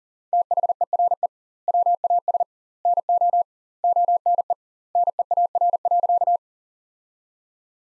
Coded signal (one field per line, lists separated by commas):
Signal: Morse code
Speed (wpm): 40 wpm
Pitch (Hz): 700 Hz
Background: none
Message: THERE WAS NO ONE NEAR.